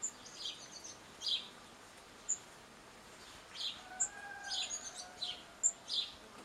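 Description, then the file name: House sparrow calls: short, buzzy chirps given irregularly, a few close together, alongside thin high pips and a faint drawn-out whistle in the background. "Passer domesticus"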